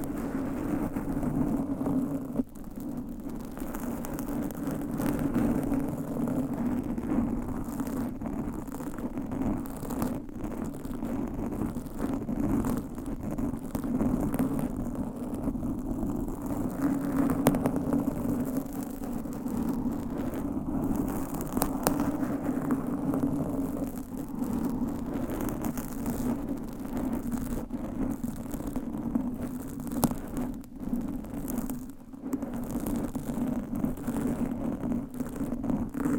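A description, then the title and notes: Fingernails scratch and rub over a microphone cover without pause, making a dense, muffled rumble centered low and steady in loudness. Quick crackly strokes break through constantly, with a brief dip near two seconds and a sharper scrape around thirty-two seconds. Mic Scratching - Brain Scratching with DIFFERENT MICS Covers & Nails. No Talking.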